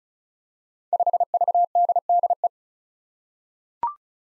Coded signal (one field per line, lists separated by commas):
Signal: Morse code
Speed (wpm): 36 wpm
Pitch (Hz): 700 Hz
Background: none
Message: 5VDDE